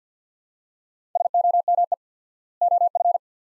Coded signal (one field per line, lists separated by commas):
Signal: Morse code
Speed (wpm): 50 wpm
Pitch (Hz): 700 Hz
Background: none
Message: SOME OF